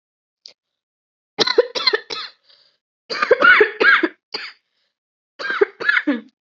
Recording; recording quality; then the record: heavy voluntary cough; excellent, no background noise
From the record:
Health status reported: COVID-19 positive, mild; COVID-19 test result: positive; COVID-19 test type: RT-PCR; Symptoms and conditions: cough, sore throat, fever, fatigue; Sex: female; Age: 24 years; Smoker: no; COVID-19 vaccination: both doses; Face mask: not worn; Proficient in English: yes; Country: India